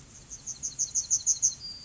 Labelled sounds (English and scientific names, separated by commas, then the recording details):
Yellowhammer (Emberiza citrinella) song
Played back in grassland
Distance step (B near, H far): D
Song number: 030